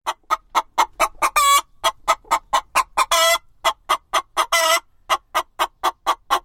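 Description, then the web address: Chicken clucking, a quick steady run of short clucks broken three times by longer, harsher squawking notes. "Ian Hubball Chicken Cluck"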